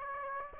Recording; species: mosquito wingbeat signal from an infrared sensor; Aedes aegypti